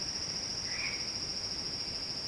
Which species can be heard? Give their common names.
none